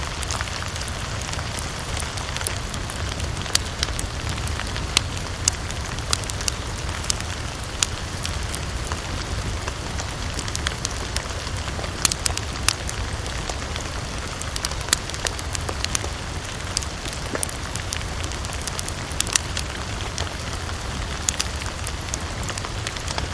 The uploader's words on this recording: Crackling Campfire and Gentle Rainfall. The calming sound of a crackling campfire and relaxing gentle rain.